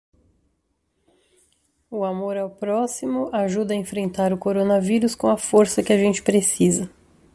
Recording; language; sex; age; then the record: spoken sentence; Brazilian Portuguese; female; 40 to 49 years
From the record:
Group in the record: control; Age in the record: 45 years